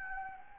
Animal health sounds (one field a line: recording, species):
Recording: mosquito wingbeat signal from an infrared sensor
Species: Anopheles gambiae